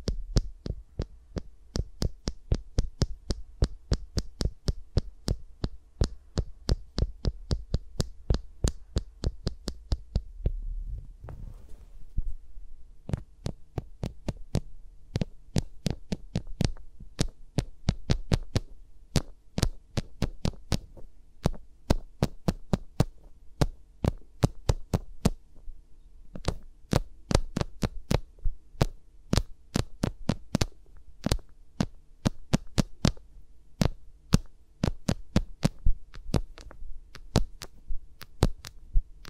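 Fingers move around the microphones in a no-talking ASMR session, making crisp, evenly spaced taps and thumps that repeat a few times per second, like a steady pulse. A brief pause with a soft low thud comes near eleven seconds, and a faint steady hum sits underneath.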